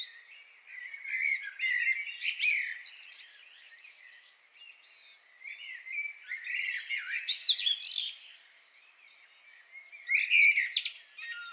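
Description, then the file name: Common blackbird with rambling song, mellow warbles and scratchy high flourishes, in three louder stretches with quieter pauses. "Turdus merula"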